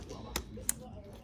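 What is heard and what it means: A grey plastic wiring connector is pushed into a white mating connector on a 2022 BMW S1000XR motorcycle during an air filter replacement. A soft tap comes at about 0.4 s, then a sharp, bright click at 0.7 s as the connector seats.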